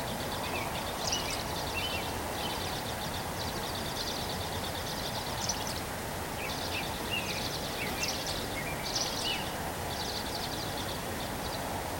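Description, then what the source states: Bird song of quick, buzzy, trilled bursts, several in a row, set against a constant hiss of background noise. 3 May 2023.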